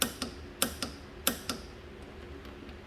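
A click-type torque wrench set to 35 ft-lb is pulled slowly three times, reaching its setting each time. It gives a sharp click at 0.0, 0.6 and 1.3 seconds, each followed by a lighter tick about 0.2 seconds later, over a quiet background.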